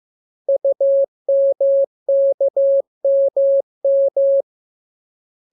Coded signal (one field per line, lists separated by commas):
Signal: Morse code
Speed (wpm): 15 wpm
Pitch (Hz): 550 Hz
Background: none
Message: UMKMM